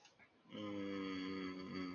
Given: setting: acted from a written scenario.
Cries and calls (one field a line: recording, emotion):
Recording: vocal sound without words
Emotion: serenity